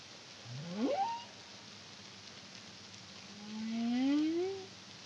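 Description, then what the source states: Humpback whale song: a quick rising whoop sweeping up sharply, then after a pause a long, slowly rising moan that swells and fades, over constant underwater hiss. Recorded in the Caribbean in 2023 by the CARIMAM project.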